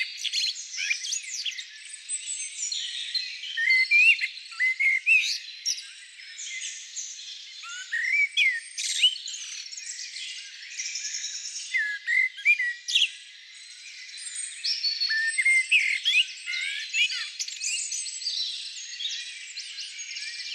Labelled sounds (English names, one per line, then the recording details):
Common Blackbird song
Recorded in the wild
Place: Lilienhof / Kaiserstuhl, Baden-Württemberg, DE
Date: 1999-04-05
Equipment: MiniDisc Sony MZ-R35, Telinga DAT, Telinga-Parabolspiegel
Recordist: Schwarz, Dieter
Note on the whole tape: Song